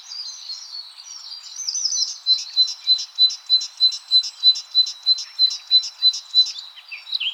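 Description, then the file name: Great tit calling: some faint twittering at first, then a regular run of sharp high double notes repeated about three times a second. "Parus major"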